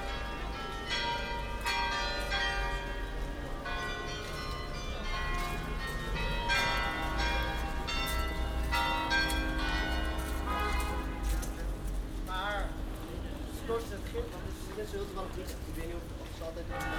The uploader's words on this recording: 100 meter Den Haag/100 metres The Hague. A very dense recording with many different sounds. Recorded walking from the Grote Halstraat to the Torenstraat.